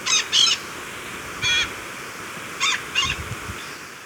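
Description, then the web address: Golden-plumed parakeet scratchy calls, a few short harsh notes spaced irregularly over quiet background hiss. Recorded in Ecuador. "Birds of Ecuador. Golden-Plumed Parakeet"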